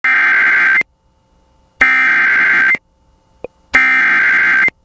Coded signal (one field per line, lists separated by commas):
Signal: Emergency Alert System (SAME) tones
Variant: header bursts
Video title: (EAS #21) Oklahoma SEVERE THUNDERSTORM WARNING on KALT-FM